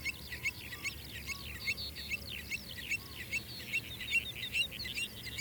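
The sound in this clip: Bird song of many rapid high chirps and twitters, over low background noise.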